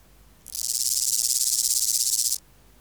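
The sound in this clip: Omocestus antigai grasshopper: one strong, scratchy, evenly pulsed buzzing phrase of about two seconds, beginning and stopping abruptly, with silence either side.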